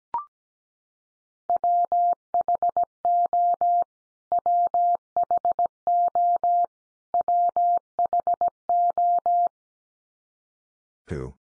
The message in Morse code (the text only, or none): WHO WHO WHO